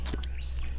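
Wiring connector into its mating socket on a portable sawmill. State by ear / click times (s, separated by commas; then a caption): not seated / none. A wiring connector is handled near its mating socket on a Hardwood Mill GT34 portable sawmill being built, with a steady low hum and a few high chirp-like sounds in the background. No words are spoken, and two brief sharp ticks come at about 0.2 s and 0.6 s. Nothing has seated or clicked in yet.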